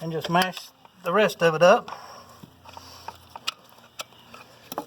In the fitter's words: it's locked into place